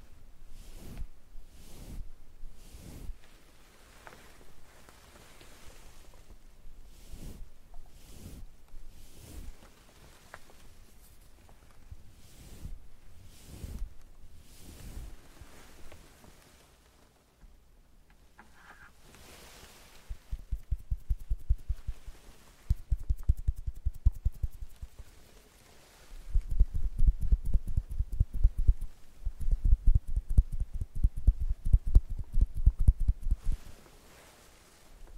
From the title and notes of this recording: ASMR Doing your Makeup sound tweezers curling iron No Talking.